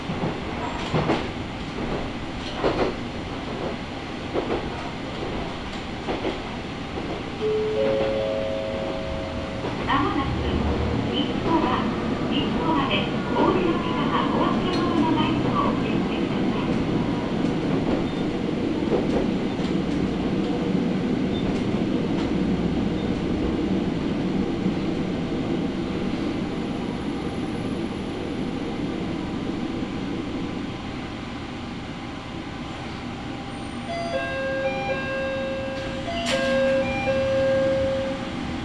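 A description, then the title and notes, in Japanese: A ride aboard a local train, heard from inside the car: a steady, dense low rumble runs throughout, with rhythmic clicks of the wheels over rail joints early on. Thin whining tones rise and fall mid-ride, and higher squealing notes appear near the end. 松浦鉄道 西田平→松浦。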